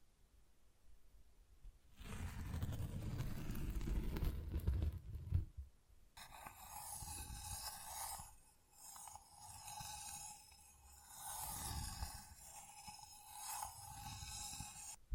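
Tapping and scratching textures. After a near-silent start, a dense low rubbing scrape runs from about two to five seconds, then gives way to crisp, bright scratching from six seconds on that swells and fades in uneven waves, with a steady high whine underneath.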